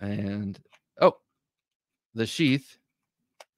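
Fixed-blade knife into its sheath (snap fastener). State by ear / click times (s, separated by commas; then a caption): seated / 3.4 s. Someone talks, then a fixed-blade knife with a 1095 steel blade is snapped into its sheath. The sheath's snap fastener closes with a single short, sharp click at 3.4 s, the snap sound that had been missing. The knife is seated.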